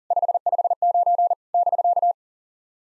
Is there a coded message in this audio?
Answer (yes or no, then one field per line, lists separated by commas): yes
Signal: Morse code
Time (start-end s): 0.1-2.1 s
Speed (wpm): 40 wpm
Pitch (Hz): 700 Hz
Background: none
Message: 559 <BK>